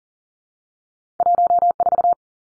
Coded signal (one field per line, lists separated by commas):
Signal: Morse code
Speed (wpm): 40 wpm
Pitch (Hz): 700 Hz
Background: none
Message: 14